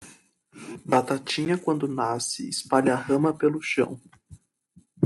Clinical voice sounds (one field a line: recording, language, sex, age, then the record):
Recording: short text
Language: Brazilian Portuguese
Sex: male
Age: 20 to 29 years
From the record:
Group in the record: control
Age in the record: 21 years